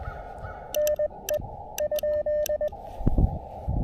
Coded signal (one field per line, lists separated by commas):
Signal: Morse code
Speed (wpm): 19 wpm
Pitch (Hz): 590 Hz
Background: none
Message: NE ?